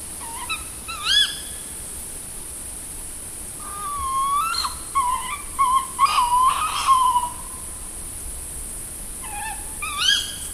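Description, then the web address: Tawny owl calling: sharp upswept notes, then a run of drawn-out wavering hoot-like notes in the middle, and sharp calls again at the end over a constant hiss. "Madardalok - Macskabagoly"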